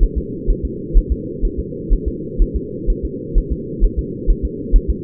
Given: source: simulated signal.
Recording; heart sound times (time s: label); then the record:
fetal heart sounds
0.03 s: S1
0.18 s: S2
0.50 s: S1
0.65 s: S2
0.97 s: S1
1.12 s: S2
1.45 s: S1
1.60 s: S2
1.93 s: S1
2.08 s: S2
2.42 s: S1
2.56 s: S2
2.90 s: S1
3.05 s: S2
3.38 s: S1
3.52 s: S2
3.84 s: S1
3.99 s: S2
4.30 s: S1
4.45 s: S2
4.76 s: S1
4.90 s: S2
From the record:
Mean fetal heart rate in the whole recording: 130 bpm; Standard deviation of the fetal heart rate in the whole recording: 4 bpm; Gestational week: 38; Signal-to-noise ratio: -4.1 dB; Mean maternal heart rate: no maternal heart sound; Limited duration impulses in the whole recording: absent